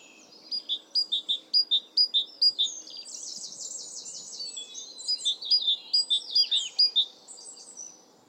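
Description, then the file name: Great tit song: clear, high, ringing notes repeated in quick series, broken by a buzzy, chattering passage, over faint low background noise. "Parus major"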